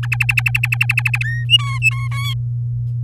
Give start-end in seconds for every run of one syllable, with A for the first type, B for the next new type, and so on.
0.03-1.18 A, 1.21-1.44 B, 1.49-2.08 C, 2.11-2.34 D